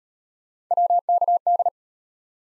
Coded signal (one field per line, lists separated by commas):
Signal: Morse code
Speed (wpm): 33 wpm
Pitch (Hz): 700 Hz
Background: none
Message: WKD